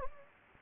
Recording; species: mosquito wingbeat signal from an infrared sensor; Anopheles gambiae